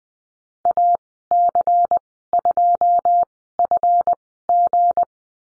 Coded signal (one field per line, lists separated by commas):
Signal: Morse code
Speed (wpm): 20 wpm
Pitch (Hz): 700 Hz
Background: none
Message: AC2FG